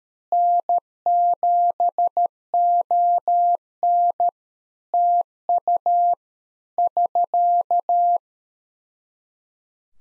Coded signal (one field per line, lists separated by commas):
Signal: Morse code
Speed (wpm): 13 wpm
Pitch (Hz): 700 Hz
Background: none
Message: N7ON TU <SK>